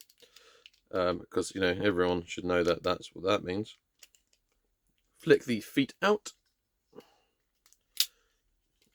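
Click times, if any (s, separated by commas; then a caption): 8.0 s. Someone talks while transforming a plastic Transformers Titans Return Topspin robot toy and flicks its feet out. A foot joint gives a single sharp click at 8.0 s as it seats into its locked position.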